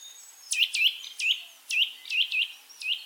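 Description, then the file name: Eurasian nuthatch calling with short, sharp notes that sweep down and hook upward, given singly and in close pairs against a quiet background. "Sitta europaea"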